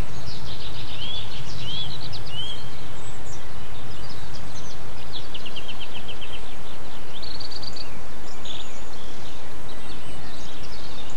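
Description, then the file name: Birds singing, with short high chirps and quick rising whistled notes scattered throughout over a steady low rumbling background noise. Recorded 8 April 2007 on an MZ-N710 recorder. "MZ-N 710 Chants d oiseaux 8 04 07 extrait"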